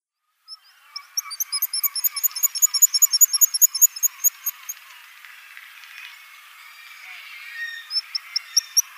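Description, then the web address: Black guillemot song: a rapid series of thin, high, piping notes, fading and then returning near the end over faint rushing noise. "Schulze Peter Black Guillemot song"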